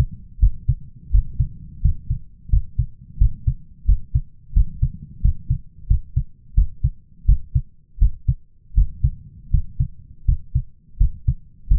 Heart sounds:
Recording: heart sounds by stethoscope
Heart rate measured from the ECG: 85 bpm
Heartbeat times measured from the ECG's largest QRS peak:
0.39 s: heartbeat
1.11 s: heartbeat
1.81 s: heartbeat
2.50 s: heartbeat
3.18 s: heartbeat
3.85 s: heartbeat
4.53 s: heartbeat
5.21 s: heartbeat
5.87 s: heartbeat
6.54 s: heartbeat
7.25 s: heartbeat
7.99 s: heartbeat
8.74 s: heartbeat
9.50 s: heartbeat
10.25 s: heartbeat
10.97 s: heartbeat
11.68 s: heartbeat
From the record:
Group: healthy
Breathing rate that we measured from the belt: 16 breaths a minute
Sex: male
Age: 23 years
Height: 179 cm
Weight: 87 kg

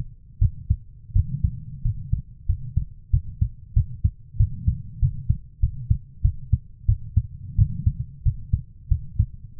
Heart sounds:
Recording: heart sounds by stethoscope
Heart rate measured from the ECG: 91 bpm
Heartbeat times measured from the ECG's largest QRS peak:
0.39 s: heartbeat
1.13 s: heartbeat
1.82 s: heartbeat
2.46 s: heartbeat
3.11 s: heartbeat
3.74 s: heartbeat
4.37 s: heartbeat
5.00 s: heartbeat
5.60 s: heartbeat
6.22 s: heartbeat
6.86 s: heartbeat
7.56 s: heartbeat
8.23 s: heartbeat
8.88 s: heartbeat
9.57 s: heartbeat
From the record:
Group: healthy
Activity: rest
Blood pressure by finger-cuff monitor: 123/68 mmHg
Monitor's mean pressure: 92 mmHg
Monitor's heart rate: 88 bpm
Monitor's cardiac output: 8.2 L/min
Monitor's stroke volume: 93 mL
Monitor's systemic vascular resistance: 810 dyn s/cm5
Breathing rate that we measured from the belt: 20 breaths a minute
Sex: female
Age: 24 years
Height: 163 cm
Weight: 55.7 kg

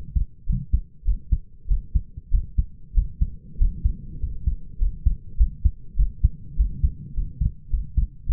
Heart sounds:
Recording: heart sounds by stethoscope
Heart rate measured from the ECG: 100 bpm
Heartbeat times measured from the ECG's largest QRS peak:
0.46 s: heartbeat
1.04 s: heartbeat
1.67 s: heartbeat
2.31 s: heartbeat
2.94 s: heartbeat
3.57 s: heartbeat
4.19 s: heartbeat
4.78 s: heartbeat
5.37 s: heartbeat
5.96 s: heartbeat
6.56 s: heartbeat
7.14 s: heartbeat
7.70 s: heartbeat
8.26 s: heartbeat
From the record:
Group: healthy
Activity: rest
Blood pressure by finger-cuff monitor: 107/58 mmHg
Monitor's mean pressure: 75 mmHg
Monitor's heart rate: 99 bpm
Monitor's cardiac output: 7 L/min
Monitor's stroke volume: 69 mL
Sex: male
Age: 22 years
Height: 181 cm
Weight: 60 kg

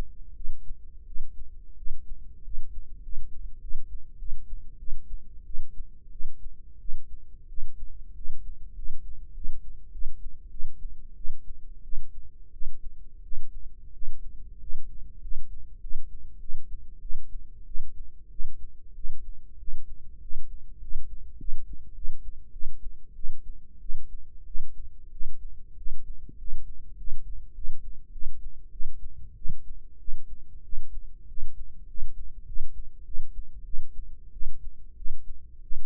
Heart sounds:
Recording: heart sounds by microphone in the right ear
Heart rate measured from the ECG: 95 bpm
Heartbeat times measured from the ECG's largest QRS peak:
0.34 s: heartbeat
1.05 s: heartbeat
1.75 s: heartbeat
2.42 s: heartbeat
3.01 s: heartbeat
3.59 s: heartbeat
4.17 s: heartbeat
4.77 s: heartbeat
5.44 s: heartbeat
6.10 s: heartbeat
6.78 s: heartbeat
7.47 s: heartbeat
8.14 s: heartbeat
8.74 s: heartbeat
9.33 s: heartbeat
9.90 s: heartbeat
10.49 s: heartbeat
11.15 s: heartbeat
11.82 s: heartbeat
12.51 s: heartbeat
13.21 s: heartbeat
13.91 s: heartbeat
14.58 s: heartbeat
15.20 s: heartbeat
15.79 s: heartbeat
16.38 s: heartbeat
16.99 s: heartbeat
17.64 s: heartbeat
18.29 s: heartbeat
18.93 s: heartbeat
19.57 s: heartbeat
20.19 s: heartbeat
20.79 s: heartbeat
21.37 s: heartbeat
21.93 s: heartbeat
22.51 s: heartbeat
23.14 s: heartbeat
23.79 s: heartbeat
24.44 s: heartbeat
25.10 s: heartbeat
25.75 s: heartbeat
26.36 s: heartbeat
26.95 s: heartbeat
27.53 s: heartbeat
28.11 s: heartbeat
28.70 s: heartbeat
29.35 s: heartbeat
29.97 s: heartbeat
30.62 s: heartbeat
31.26 s: heartbeat
31.86 s: heartbeat
32.45 s: heartbeat
33.03 s: heartbeat
33.63 s: heartbeat
34.31 s: heartbeat
34.95 s: heartbeat
35.61 s: heartbeat
From the record:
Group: healthy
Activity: rest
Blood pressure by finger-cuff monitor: 104/73 mmHg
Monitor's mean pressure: 86 mmHg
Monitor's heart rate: 96 bpm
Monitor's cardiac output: 8 L/min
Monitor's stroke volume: 83 mL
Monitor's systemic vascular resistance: 790 dyn s/cm5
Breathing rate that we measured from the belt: 10 breaths a minute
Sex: female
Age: 19 years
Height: 163 cm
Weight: 51 kg

